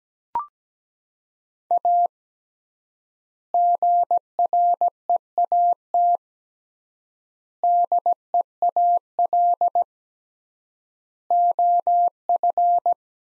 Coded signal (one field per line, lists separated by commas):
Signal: Morse code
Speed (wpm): 17 wpm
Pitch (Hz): 700 Hz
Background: none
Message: A GREAT DEAL OF